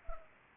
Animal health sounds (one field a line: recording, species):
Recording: mosquito wingbeat signal from an infrared sensor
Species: Anopheles arabiensis